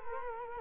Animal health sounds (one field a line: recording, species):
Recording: mosquito wingbeat signal from an infrared sensor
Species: Culex quinquefasciatus